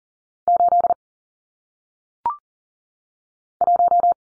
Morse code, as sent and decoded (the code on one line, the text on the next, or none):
---.. / .----
8 1